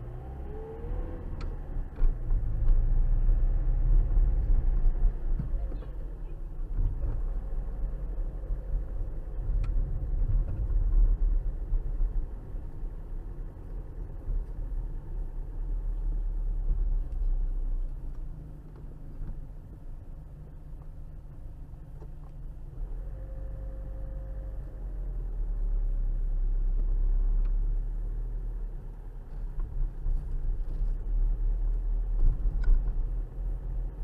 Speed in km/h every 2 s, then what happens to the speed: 21, 27, 32, 32, 32, 31, 29, 27, 23, 16, 10, 8, 11, 16, 18, 16, 18.
0-4 speeds up to 32. 4-9 steady at about 32. 9-21 slows to 8. 21-26 speeds up to 16. 26-34 steady at about 16.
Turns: none.